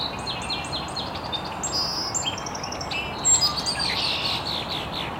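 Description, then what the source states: Birds chirping: a run of repeated high tweets, then overlapping whistled notes and buzzy chirps from several birds over a soft constant background noise. Birds chirping very early in the morning in an estuary.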